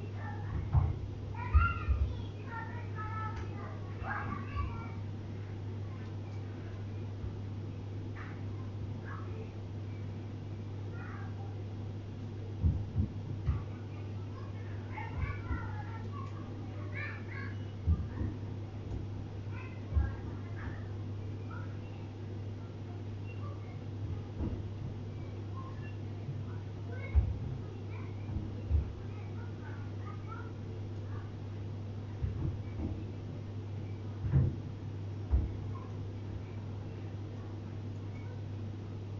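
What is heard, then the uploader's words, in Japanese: Everyday household sounds over a steady low hum that runs the whole time. Short voice-like or animal-like calls and soft knocks come in scattered clusters, busiest near the start, around 13–20 seconds, and again from about 27 to 36 seconds. 生活音。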